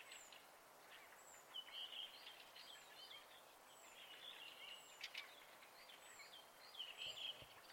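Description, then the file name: Birds sing soft whistled and warbling phrases that recur every few seconds, thin high falling notes repeating above them, over constant faint hiss. Recorded at night in spring. "Fugler Natt Vaar"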